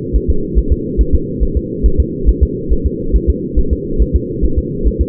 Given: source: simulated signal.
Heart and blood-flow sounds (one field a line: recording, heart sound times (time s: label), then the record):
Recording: fetal heart sounds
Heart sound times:
0.16 s: S1
0.30 s: S2
0.58 s: S1
0.72 s: S2
1.01 s: S1
1.15 s: S2
1.43 s: S1
1.57 s: S2
1.86 s: S1
2.00 s: S2
2.29 s: S1
2.43 s: S2
2.73 s: S1
2.87 s: S2
3.16 s: S1
3.30 s: S2
3.59 s: S1
3.73 s: S2
4.02 s: S1
4.16 s: S2
4.45 s: S1
4.59 s: S2
4.87 s: S1
5.01 s: S2
From the record:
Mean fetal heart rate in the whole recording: 140 bpm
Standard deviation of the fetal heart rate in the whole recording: 2 bpm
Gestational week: 34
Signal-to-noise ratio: -8.1 dB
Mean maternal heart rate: 72 bpm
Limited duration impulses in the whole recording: absent